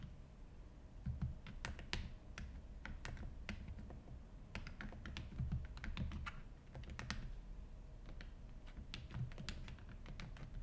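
Keyboard typing, with sharp, bright key clicks arriving in irregular bursts and short pauses throughout. A low, soft rumble sits underneath, swelling briefly around one, five and nine seconds, like hands or paper shifting on the desk.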